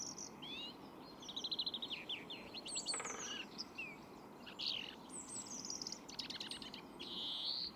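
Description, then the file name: European greenfinch calls, busy high twittering with quick trills and short slurred notes, plus a brief harsh burst near three seconds, over constant background hiss. "Chloris chloris"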